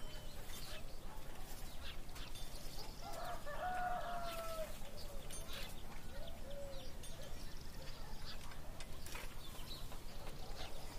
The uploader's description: birds singing, people in the town doing their work, horse carts and farm animals